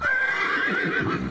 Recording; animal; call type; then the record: contact call of a hoofed animal; horse; whinny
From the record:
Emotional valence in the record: negative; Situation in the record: group separation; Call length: 1.31 s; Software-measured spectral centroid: 1840 Hz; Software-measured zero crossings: 2690 a second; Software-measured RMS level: -24 dBFS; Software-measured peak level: -12 dBFS